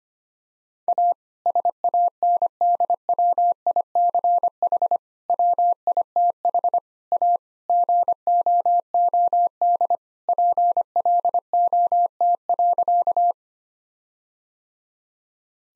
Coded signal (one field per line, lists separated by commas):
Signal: Morse code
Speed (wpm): 25 wpm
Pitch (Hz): 700 Hz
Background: none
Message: A SANDWICH WITH A GOOD PLOT.